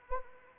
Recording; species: mosquito wingbeat signal from an infrared sensor; Anopheles arabiensis